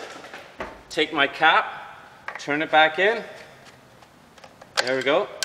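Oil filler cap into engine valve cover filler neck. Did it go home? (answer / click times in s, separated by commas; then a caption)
no / none. After the engine oil is refilled, a plastic oil filler cap is turned back into the filler neck on the engine valve cover while someone talks, with a few faint, brief ticks around 4.4 to 4.6 s. The cap is still being handled and has not clicked tight or seated yet.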